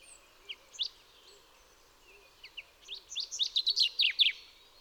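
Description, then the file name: Common chaffinch song: a few isolated chips, then a rapid, accelerating run of bright notes that ends in a quick flourish. "Fringilla coelebs"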